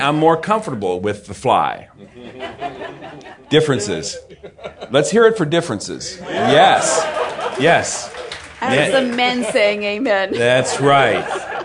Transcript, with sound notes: I’m more comfortable with the fly—differences. (laughter) Let’s hear it for differences. (cheering and applause.) Yes! Yes!
As the men say “amen.” (laughter)
Right.